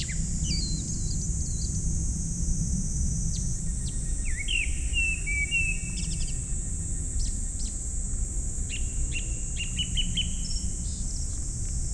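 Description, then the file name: Japanese thrush song: several whistled phrases and short chirps, over a constant high insect buzz and low rumbling noise. Recorded 19 July 2015, 19:19. "150719-191913 kurotugumi"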